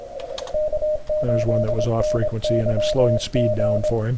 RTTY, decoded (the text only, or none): none